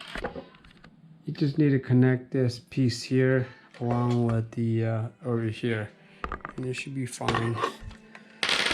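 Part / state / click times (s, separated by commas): wiring connector into mating connector on a 6 V ride-on toy kart / seated / 8.4 s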